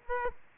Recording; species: mosquito wingbeat signal from an infrared sensor; Aedes aegypti